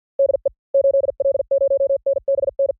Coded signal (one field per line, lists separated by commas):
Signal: Morse code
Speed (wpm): 50 wpm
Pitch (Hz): 500 Hz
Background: none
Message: DE 8L0NBN